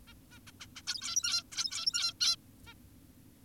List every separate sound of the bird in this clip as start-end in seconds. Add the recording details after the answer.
0.08-0.14, 0.32-0.39, 0.47-0.51, 0.60-0.67, 0.76-0.82, 0.87-1.43, 1.52-2.13, 2.21-2.36, 2.67-2.74. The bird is an adult. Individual g17y2U